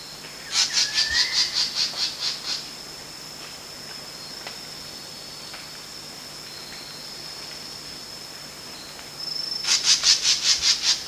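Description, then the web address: Rufous-winged philentoma calling in two bursts of rapid, harsh, high pulsed notes, with a brief soft rising whistle and a steady high insect drone behind. Recorded at Danum on 1 March 2008. "DANUM 20080301. rufous-winged philentoma"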